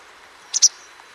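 Bird giving two quick, very high chirps in close succession, then quiet apart from a soft background hiss.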